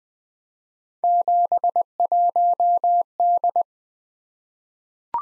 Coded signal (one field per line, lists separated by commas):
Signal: Morse code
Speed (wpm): 21 wpm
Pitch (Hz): 700 Hz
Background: none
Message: 71D